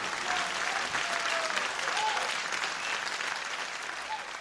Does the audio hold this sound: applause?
yes